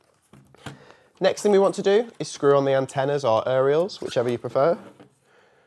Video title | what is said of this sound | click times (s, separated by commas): How to Setup your Fritz!box 6890LTE for the First Time for SoGEA | I'm gonna slide that in and you'll hear a little click and then you know that it's in | 0.7 s